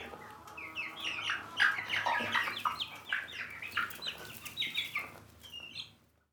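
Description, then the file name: Chickens, a dense flurry of quick overlapping chirps and clucks, irregular and lively, tapering off at the end. "duck chickens"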